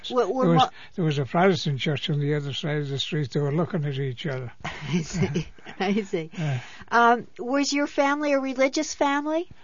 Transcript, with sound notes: What...
There was a Protestant church on the other side of the street. They were looking at each other.
( she laughs ) I see. Was your family a religious family?